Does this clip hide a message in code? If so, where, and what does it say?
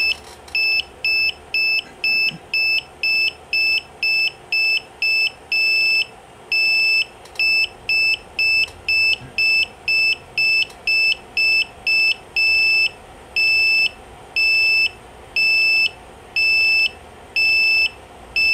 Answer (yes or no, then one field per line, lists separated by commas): no